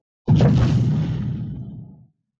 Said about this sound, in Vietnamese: Vang tiếng nổ điếc tai, chứng đạo thụ lắc lư.